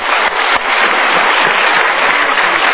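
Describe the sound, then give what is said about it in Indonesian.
Dense audience applause on the Mario Teguh Golden Ways show, given for a police officer, fills the whole stretch. It is a steady roar of many hands clapping at once, loud and even, with a crackly, bright texture and no voices on top. “Oh super, kita berikan tepuk tangan untuk polisinya.”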